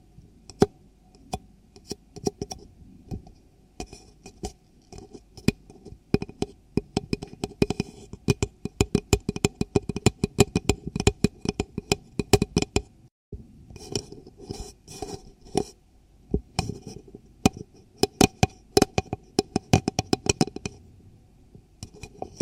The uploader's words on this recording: ASMR Ear Cleaning For The Strongest Tingles [ NO TALKING ].